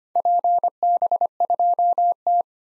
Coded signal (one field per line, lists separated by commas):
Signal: Morse code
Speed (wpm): 25 wpm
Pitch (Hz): 700 Hz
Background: none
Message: PB2T